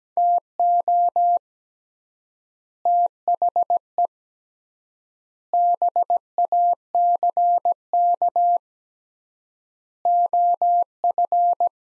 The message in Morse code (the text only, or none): TO THE BACK OF